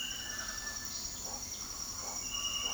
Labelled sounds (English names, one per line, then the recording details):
Speckled Chachalaca
Cinereous Tinamou
Bright-rumped Attila
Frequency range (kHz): Cinereous Tinamou 1.3-2.1 kHz
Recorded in dense forest near Puerto Asís, Putumayo, Colombia, on 18 February 2024 at 07:00
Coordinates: 0.481, -76.318
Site G6421